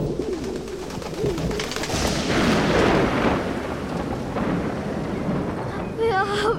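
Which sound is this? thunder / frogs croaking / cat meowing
thunder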